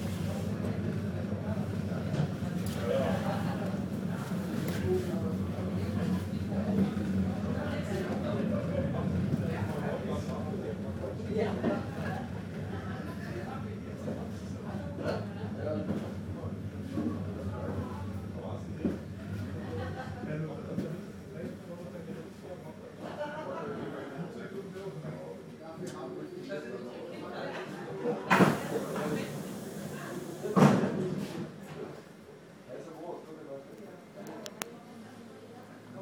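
A train stands at a station stop, its low engine rumble steady through the first twenty seconds with voices murmuring. The rumble then fades, and near the thirtieth second a sharp hiss of air and a heavy clunk, like doors, break the quieter hum.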